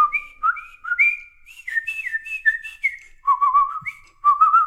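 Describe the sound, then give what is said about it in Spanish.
A person whistles an imitation of nightingale song: quick, warbling phrases of sliding and trilled notes, mostly mid-to-high pitched, with short pauses between bursts and no talking. “El ruiseñor.”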